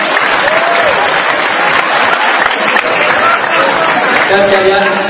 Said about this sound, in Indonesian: Tepuk tangan yang benar-benar.